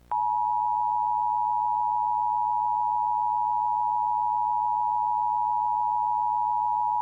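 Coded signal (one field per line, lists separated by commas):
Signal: Emergency Alert System (SAME) tones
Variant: 853 and 960 Hz attention tone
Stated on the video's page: Mock EAS alert for a fictional tower collapse.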